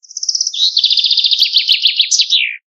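Bird song: a rapid, even trill of high chirps, then a second trill that flutters and drops in pitch at the end, with a perfectly silent background.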